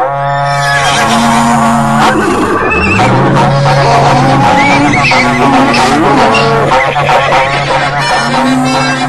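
A berrante horn blows long, wavering calls with rising and falling pitch to round up the herd, over a loud, continuous din of lowing cattle and other farm animals, with no talking.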